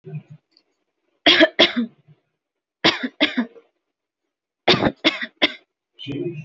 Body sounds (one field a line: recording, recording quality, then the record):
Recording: heavy voluntary cough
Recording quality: moderate, slight background noise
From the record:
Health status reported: healthy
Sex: female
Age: 28 years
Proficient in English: yes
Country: India